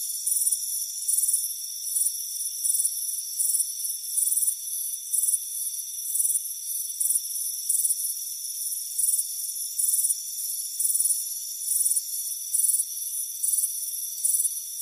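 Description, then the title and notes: Fast, shrill cricket chirping, bursts following each other closely, over an unbroken high drone. Warm afternoon on a front porch. "Soothing Crickets Chirping Sound. warm afternoon front porch chirping crickets"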